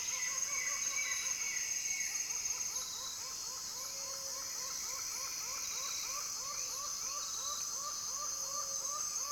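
Laughing falcon calling: a fast, rhythmic run of short arched hollow notes over a steady high insect drone.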